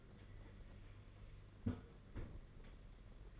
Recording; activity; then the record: daily activity, microphone in the room; close fridge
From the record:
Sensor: 4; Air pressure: 992.6 hPa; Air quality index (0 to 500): 168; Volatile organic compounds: 236 ppm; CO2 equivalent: 4323 ppm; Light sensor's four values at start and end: 19/65/24/25 and 19/66/25/25